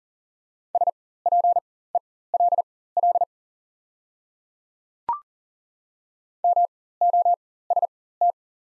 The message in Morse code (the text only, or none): SPELL MOST